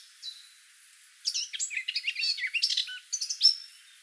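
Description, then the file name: Eurasian blackcap song: after a second of near quiet, a hurried jumble of scratchy, chattering warbled notes, ending with a brief high whistle. "Sylvia atricapilla"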